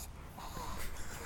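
A brief, thin whistling sound rises over low outdoor rumble: wheezing breath from a dog.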